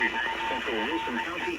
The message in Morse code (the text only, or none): VRE